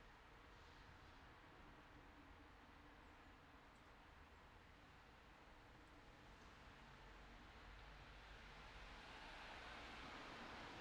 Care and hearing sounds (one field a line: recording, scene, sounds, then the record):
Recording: everyday scene through a hearing-aid microphone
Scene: in traffic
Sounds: traffic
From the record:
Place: city secondary road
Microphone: in the ear canal, left